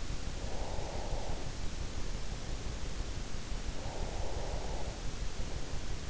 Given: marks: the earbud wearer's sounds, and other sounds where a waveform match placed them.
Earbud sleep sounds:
sounds in sleep by an in-ear microphone; breath
0.00-2.17 s: breath
3.50-5.69 s: breath

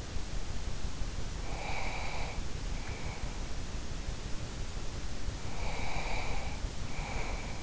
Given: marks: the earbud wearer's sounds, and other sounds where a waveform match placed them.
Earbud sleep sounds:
sounds in sleep by an in-ear microphone; breath
1.40-3.39 s: breath
5.45-7.62 s: breath

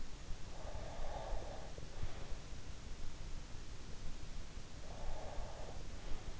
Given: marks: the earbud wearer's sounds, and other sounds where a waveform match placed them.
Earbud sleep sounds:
sounds in sleep by an in-ear microphone; breath
0.56-2.25 s: breath
4.78-6.38 s: breath

